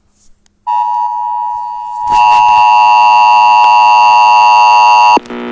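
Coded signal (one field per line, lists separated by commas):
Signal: Emergency Alert System (SAME) tones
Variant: 853 and 960 Hz attention tone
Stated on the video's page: Fictional EAS scenario, not a real alert.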